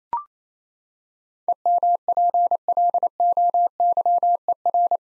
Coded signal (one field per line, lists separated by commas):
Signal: Morse code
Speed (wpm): 28 wpm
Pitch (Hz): 700 Hz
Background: none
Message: EMPLOYER